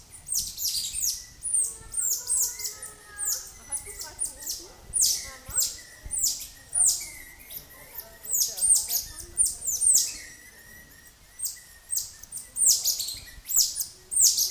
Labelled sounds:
Cottontop Tamarin (Saguinus oedipus)

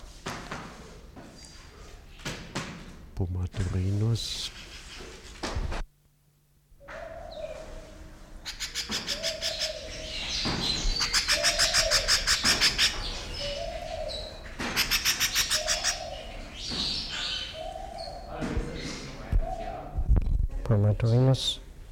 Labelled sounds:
Streak-breasted Scimitar Babbler (Pomatorhinus ruficollis) call

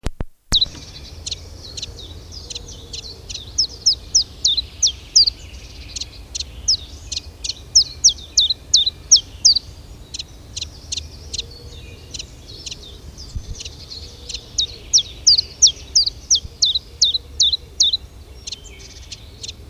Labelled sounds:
Common Chiffchaff (Phylloscopus collybita)

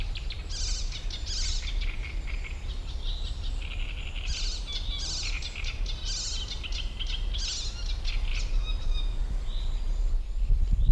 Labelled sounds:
Great Reed Warbler (Acrocephalus arundinaceus)

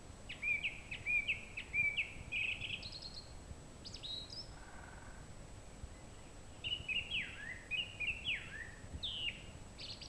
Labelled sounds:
Song Thrush (Turdus philomelos) song

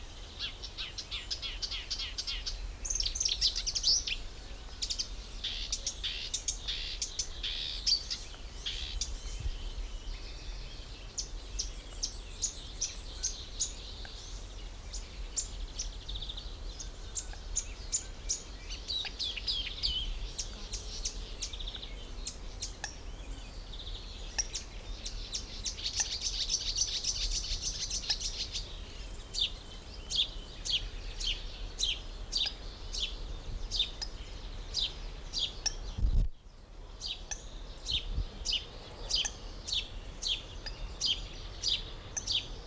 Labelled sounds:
Marsh Warbler (Acrocephalus palustris)

